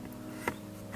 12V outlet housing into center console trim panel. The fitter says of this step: until you hear the click. Okay, everything's tight.